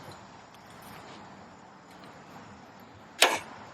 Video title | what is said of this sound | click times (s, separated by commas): DeWalt 12 inch Miter Saw Functions & Review | they lock into place and | 3.2 s